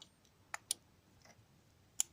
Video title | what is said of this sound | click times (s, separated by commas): Changer ses bougies de préchauffage, Saab 9.3 Tid, Opel 2,2 dti | et 4. Donc là on est bien clipsé tout partout. | 2.0 s